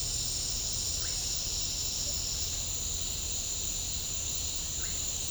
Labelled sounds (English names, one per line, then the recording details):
none
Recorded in pastures near Puerto Asís, Putumayo, Colombia, on 21 December 2024 at 08:30
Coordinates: 0.496, -76.326
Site G004